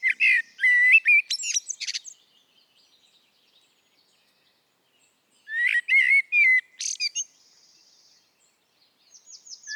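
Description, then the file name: Eurasian blackbird song, two phrases of rich low whistles ending in squeaky high chatter, separated by a quiet gap of several seconds; a faint high trill closes. "Turdus merula"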